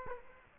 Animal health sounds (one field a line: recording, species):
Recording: mosquito wingbeat signal from an infrared sensor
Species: Culex quinquefasciatus